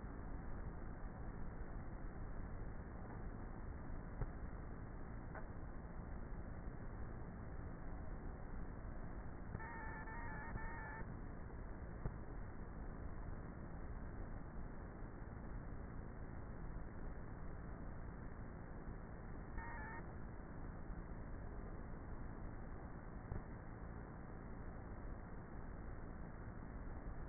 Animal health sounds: honeybee colony, microphone inside the hive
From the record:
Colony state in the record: queenless with a low population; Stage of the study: before two queens were removed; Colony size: about 30,000 bees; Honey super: no

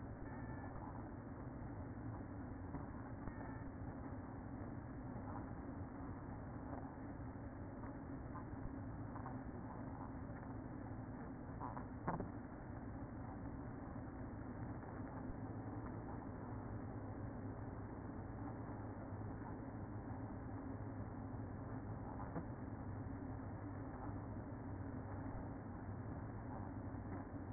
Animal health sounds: honeybee colony, microphone inside the hive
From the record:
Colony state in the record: queen present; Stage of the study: after two queens were removed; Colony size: about 60,000 bees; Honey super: yes

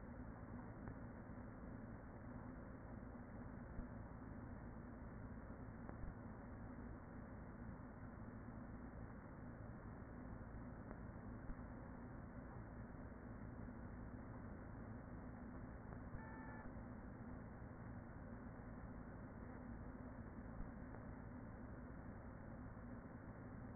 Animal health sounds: honeybee colony, microphone inside the hive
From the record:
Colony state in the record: queen present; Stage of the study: after two queens were removed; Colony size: about 40,000 bees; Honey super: no

